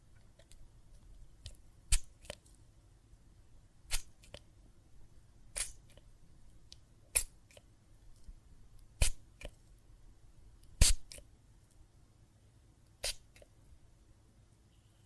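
Water and soap foam give off sharp crackling pops, with a loud snap roughly every one to two seconds and fainter ticks scattered between them. A steady low rumble runs underneath the whole time, and the popping never settles into an even rhythm.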